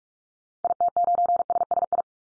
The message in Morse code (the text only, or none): IT9SSI